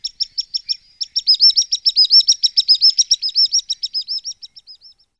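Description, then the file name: Common sandpiper with a fast, high, twittering trill of repeated thin notes that swells in the middle and fades toward the end. "pisík-obecný"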